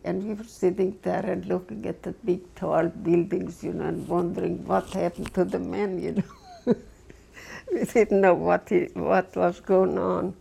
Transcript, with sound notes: And we were sitting there and looking at the big tall buildings, you know, and wondering what happened to the man, you know. (She laughs.) We didn't know what was going on.